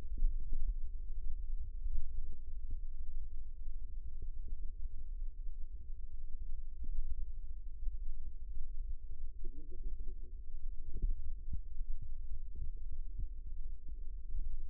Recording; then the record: forearm muscle sounds (acoustic myography)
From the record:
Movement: rest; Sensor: system 2, bracelet of six BSWA MPA416 microphones around the upper forearm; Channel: 6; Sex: female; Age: 21 years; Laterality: right